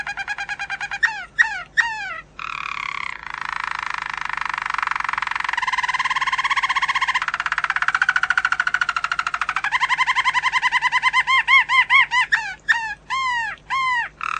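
Domestic canary singing loudly: arching swept notes, a long dense warbling trill in the middle, then repeated arched notes at an even pace.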